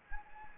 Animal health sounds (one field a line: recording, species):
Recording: mosquito wingbeat signal from an infrared sensor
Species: Anopheles gambiae